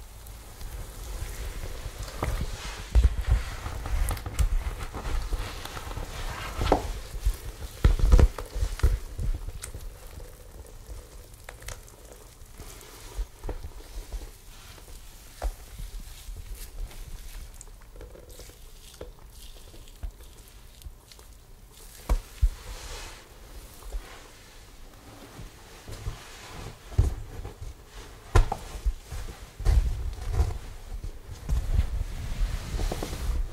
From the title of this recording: Brushing, Shampoo, Blowdry, Scissors, Flat Iron